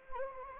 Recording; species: mosquito wingbeat signal from an infrared sensor; Anopheles gambiae